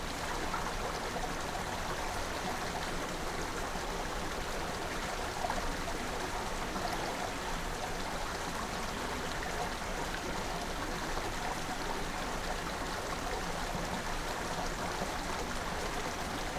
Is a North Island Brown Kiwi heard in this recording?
no